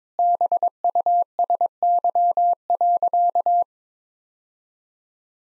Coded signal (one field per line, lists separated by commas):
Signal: Morse code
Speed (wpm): 22 wpm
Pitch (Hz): 700 Hz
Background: none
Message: BUSY.